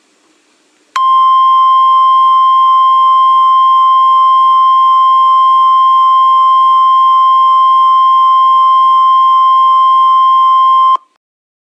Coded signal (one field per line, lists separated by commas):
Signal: Emergency Alert System (SAME) tones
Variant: 1050 Hz attention tone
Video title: Rogue Flare (An EAS Scenario)